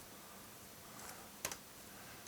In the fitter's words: And it just kind of snaps back in.